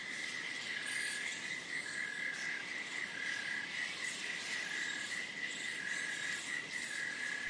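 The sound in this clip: Cicada song, a continuous shrill buzz that stays level throughout.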